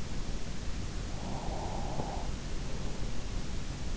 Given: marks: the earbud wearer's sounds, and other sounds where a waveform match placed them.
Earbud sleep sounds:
sounds in sleep by an in-ear microphone; breath
0.44-3.30 s: breath

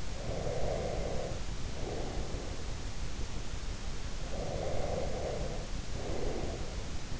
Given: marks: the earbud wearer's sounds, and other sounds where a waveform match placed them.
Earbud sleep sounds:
sounds in sleep by an in-ear microphone; breath
0.00-2.62 s: breath
4.25-6.79 s: breath

